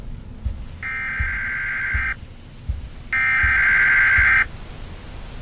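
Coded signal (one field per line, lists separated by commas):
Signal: Emergency Alert System (SAME) tones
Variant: header bursts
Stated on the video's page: EAS tones from a Roblox horror game played on PlayStation 5.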